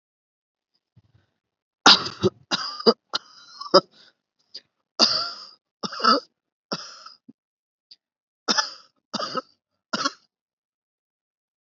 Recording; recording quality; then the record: heavy voluntary cough; excellent, no background noise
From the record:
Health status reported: healthy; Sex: male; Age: 26 years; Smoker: yes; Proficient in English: yes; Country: India